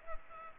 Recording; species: mosquito wingbeat signal from an infrared sensor; Culex pipiens